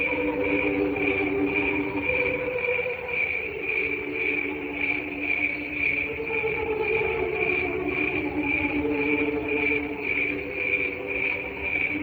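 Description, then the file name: Cricket chirping in a regular, pulsing rhythm around two beats per second, high and clear, with low shifting hum in the background. "canto grilli"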